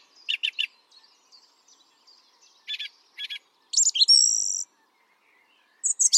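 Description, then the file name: Song thrush song: short phrases of sharp notes, one given three times in quick succession, then a long, loud, high whistled note, separated by pauses. "singdrossel"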